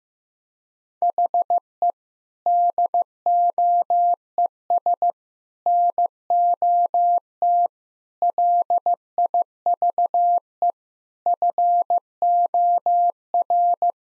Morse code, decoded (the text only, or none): HE DOES NOT LIVE FOR